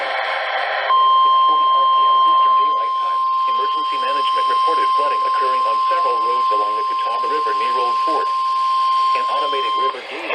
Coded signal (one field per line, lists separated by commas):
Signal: Emergency Alert System (SAME) tones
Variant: 1050 Hz attention tone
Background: speech